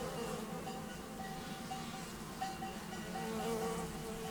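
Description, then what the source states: Bumblebees buzzing, a steady low hum throughout with faint higher tones above. Bumblebees among other pollinators feeding on nectar, warm morning after overnight cloud, 6500 ft meadow, south end of Taylor Lake, Russian Wilderness, Klamath National Forest, Siskiyou County, California.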